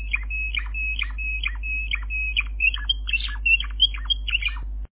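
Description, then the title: Canary song, evenly spaced whistled notes about twice a second, turning into quicker varied chirps, with a low hum underneath. "kenarijos"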